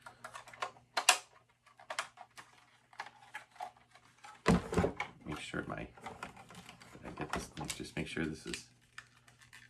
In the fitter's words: Yep, there we go. You got to hear the snap.